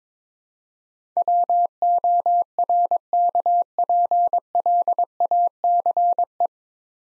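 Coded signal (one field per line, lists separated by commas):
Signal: Morse code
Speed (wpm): 22 wpm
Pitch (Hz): 700 Hz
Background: none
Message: WORKPLACE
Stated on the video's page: Morse practice set at 22 wpm building 9-letter words three letters at a time, for instant character recognition training.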